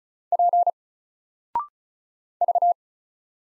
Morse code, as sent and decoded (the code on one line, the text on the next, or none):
.--. / ...-
P V